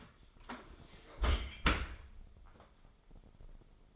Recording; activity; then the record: daily activity, microphone in the room; close dishwasher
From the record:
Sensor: 5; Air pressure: 995.9 hPa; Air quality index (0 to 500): 103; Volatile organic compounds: 7 ppm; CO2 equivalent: 1993 ppm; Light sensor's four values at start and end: 42/101/42/44 and 42/100/42/45